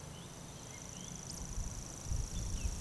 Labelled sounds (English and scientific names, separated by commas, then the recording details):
Eurasian Woodcock (Scolopax rusticola) whistle
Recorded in Baden-Württemberg, Germany, on 25 June 2020 at 19:53 UTC
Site 43791, 788 m above sea level